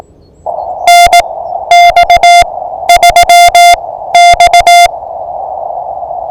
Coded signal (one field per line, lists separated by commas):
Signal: Morse code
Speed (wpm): 18 wpm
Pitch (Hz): 700 Hz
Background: none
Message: NX3X